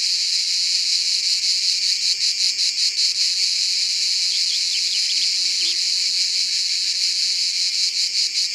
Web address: Cigale-commune abc-de-la-nature